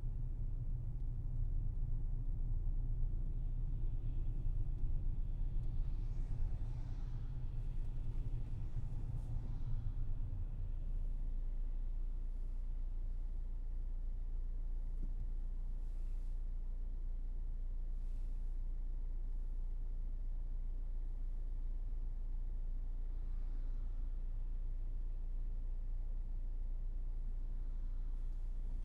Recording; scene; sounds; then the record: everyday scene through a hearing-aid microphone; in a vehicle; engine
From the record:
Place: Berlingo II, diesel engine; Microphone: behind the ear, left, rear